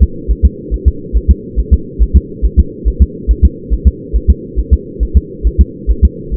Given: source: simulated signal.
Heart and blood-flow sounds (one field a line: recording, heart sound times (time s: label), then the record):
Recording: fetal heart sounds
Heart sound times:
0.03 s: S2
0.31 s: S1
0.45 s: S2
0.74 s: S1
0.88 s: S2
1.17 s: S1
1.31 s: S2
1.59 s: S1
1.73 s: S2
2.02 s: S1
2.17 s: S2
2.45 s: S1
2.59 s: S2
2.88 s: S1
3.02 s: S2
3.31 s: S1
3.45 s: S2
3.73 s: S1
3.88 s: S2
4.16 s: S1
4.30 s: S2
4.59 s: S1
4.73 s: S2
5.03 s: S1
5.17 s: S2
5.47 s: S1
5.61 s: S2
5.91 s: S1
6.05 s: S2
6.34 s: S1
From the record:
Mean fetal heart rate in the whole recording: 140 bpm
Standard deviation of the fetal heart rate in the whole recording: 2 bpm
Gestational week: 34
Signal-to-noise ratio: -4.3 dB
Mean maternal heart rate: 72 bpm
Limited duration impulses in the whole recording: absent